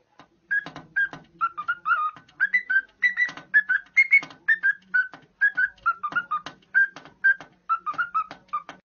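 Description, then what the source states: Cockatiel whistling a steady string of short, clear mid-pitched notes, slightly rising and falling like a tune, with soft clicks between them. Labelled Gilaki.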